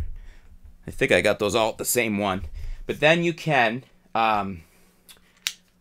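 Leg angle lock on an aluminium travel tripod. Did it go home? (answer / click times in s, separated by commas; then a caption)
released / 5.5 s. Someone talks while pulling out the small click-lock on a leg of a MeFoto RoadTrip aluminium travel tripod so the leg can be set to a wider angle. A sharp, loud snap is heard at 5.5 s as the leg angle lock clicks out and releases.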